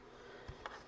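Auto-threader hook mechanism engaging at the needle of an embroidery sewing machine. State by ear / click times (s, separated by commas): seated / 0.7 s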